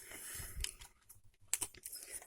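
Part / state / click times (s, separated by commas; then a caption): plastic tab on a transforming robot figure into its slot / seated / 1.5 s. During transformation of a Transformers Legacy Evolution Voyager Class Dirge plastic action figure, a plastic tab is pushed into its slot. Light plastic handling clicks sound around 0.6 s, then a sharp, loud click at 1.5 s as the tab locks into place, followed by a few softer clicks and rattles. The tab is seated and locked.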